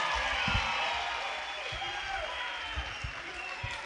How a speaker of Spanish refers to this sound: Ahí nada más, aplausos que se valen.